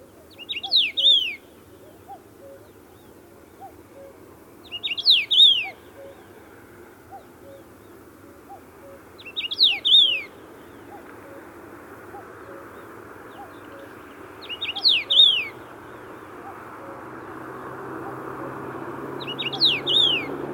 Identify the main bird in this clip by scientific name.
Carpodacus erythrinus